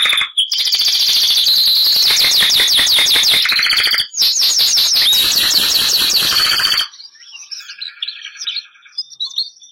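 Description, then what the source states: Canary (Bernois): canary singing two long, loud, fast trills of sweeping repeated notes, split by a short break, followed by softer scattered twitters and chirps. Bernois breed canary.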